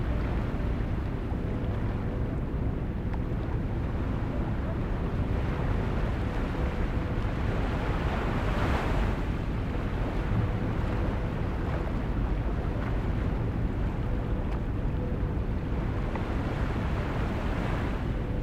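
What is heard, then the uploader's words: A deep, steady rumble of brown noise fills the whole clip, with soft ocean wash swelling slightly around the middle. The level never changes much, and a faint held tone and muted beat sit low underneath the thick, dark hiss. Calm Ocean Waves and Brown Noise with Relaxing Lo Fi Music. Ocean waves calmly crashing to shore along with brown noise and a peaceful lo fi beat playing in the background.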